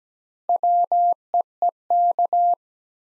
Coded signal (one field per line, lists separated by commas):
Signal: Morse code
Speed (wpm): 17 wpm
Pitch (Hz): 700 Hz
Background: none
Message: WEEK